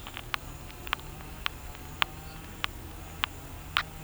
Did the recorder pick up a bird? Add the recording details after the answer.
no. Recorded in pastures near Puerto Asís, Putumayo, Colombia, on 26 December 2024 at 11:00. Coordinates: 0.472, -76.329. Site G072